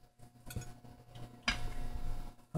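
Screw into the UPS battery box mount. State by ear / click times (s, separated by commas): not seated / none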